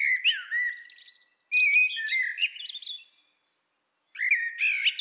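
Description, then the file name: Eurasian blackbird song, a rich warbling phrase with whistled notes and squeaky high ends, a pause, then another phrase starts. "Turdus merula"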